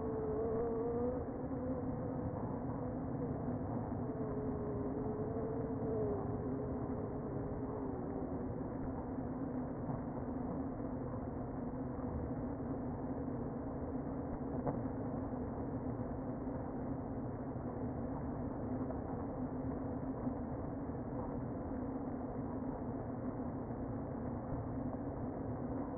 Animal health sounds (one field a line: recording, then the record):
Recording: honeybee colony, microphone inside the hive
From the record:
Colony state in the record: queen present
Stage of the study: before two queens were removed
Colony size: about 60,000 bees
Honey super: yes